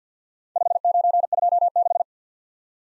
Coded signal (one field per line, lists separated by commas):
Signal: Morse code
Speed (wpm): 52 wpm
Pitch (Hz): 700 Hz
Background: none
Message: 5926